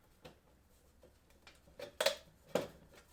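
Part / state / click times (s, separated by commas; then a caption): soup can into paint can rim of a wood gas stove / seated / 2.0 s. A soup can serving as the inner burn chamber of a wood gas stove is pushed down into a quart paint can until it snaps onto the rim. Faint scrapes and taps lead to a sharp metallic pop at 2.0 s as it seats, followed by another clank at about 2.6 s. The inner can is seated on the paint can rim.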